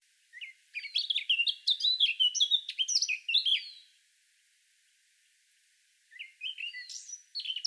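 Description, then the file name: Eurasian blackcap singing a rich, rapid warble of varied notes for over three seconds, then quiet, then a second twittering phrase begins. "Sylvia atricapilla"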